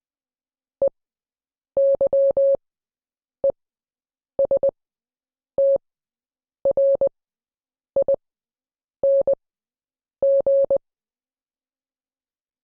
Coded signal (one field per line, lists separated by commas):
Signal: Morse code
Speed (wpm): 20 wpm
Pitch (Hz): 550 Hz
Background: none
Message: EYESTRING